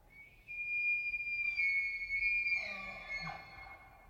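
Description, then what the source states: Roosevelt elk bugle: a long, high, shrill whistled scream held for a few seconds, ending in lower rough notes, over a low steady background wash. Bull Roosevelt elk, also called Rainforest or Olympic elk, bugling in the rut, Queets and Quinault rainforest river valleys, late September 2023; distant river wash in background.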